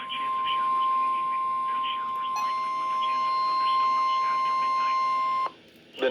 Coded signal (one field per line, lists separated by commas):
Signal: Emergency Alert System (SAME) tones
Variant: 1050 Hz attention tone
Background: speech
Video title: WELP. ANOTHER CRAZY DAY. (EAS Alerts from 5/2/22)(EAS#229-270)